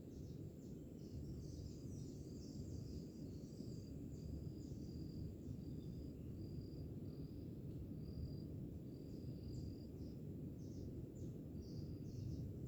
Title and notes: Pássaros, grilos e oceano - Birds, crickets and ocean. Sons de grilos, pássaros e ondas - Sounds of crickets, birds and waves